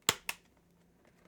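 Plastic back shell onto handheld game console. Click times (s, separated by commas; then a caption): 0.1 s, 0.3 s. The plastic back shell of a Nintendo Switch Lite handheld game console is pressed down over the buttons, giving two sharp plastic snaps at 0.1 s and 0.3 s, followed by faint quiet ticks. A gap remains afterward, so the shell is only partly seated.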